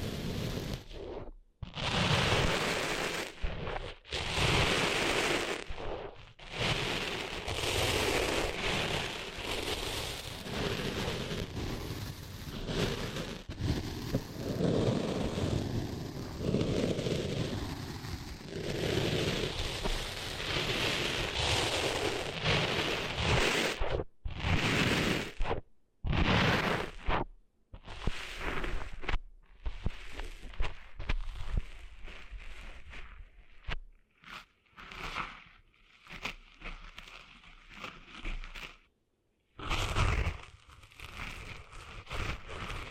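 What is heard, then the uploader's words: Sand is cleaned out of ears in a gritty, crackling scrape and rustle that sounds almost like rain. For the first half it runs dense and nearly unbroken, with brief gaps; after about 24 seconds it turns choppy, stopping and restarting often. ASMR Cleaning Sand Out of Your Ears (No Talking).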